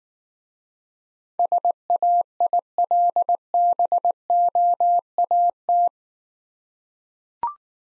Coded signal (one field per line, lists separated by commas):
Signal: Morse code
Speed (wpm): 19 wpm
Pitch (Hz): 700 Hz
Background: none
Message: SAILBOAT